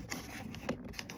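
The plastic door handle and switch trim piece of a BMW X4/X3 (F25/F26) is handled and pressed toward the door card. Light scraping and rubbing are heard, with brief sharp taps at about 0.1, 0.6, 0.7, 1.0 and 1.1 s. The clip ends before the trim piece goes home, so nothing has seated or clicked in yet.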